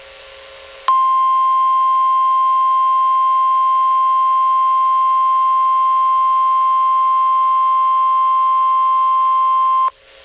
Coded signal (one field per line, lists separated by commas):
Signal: Emergency Alert System (SAME) tones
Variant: 1050 Hz attention tone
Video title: Tornado Warning (EAS#0046) 10/10/2020 [Audio only]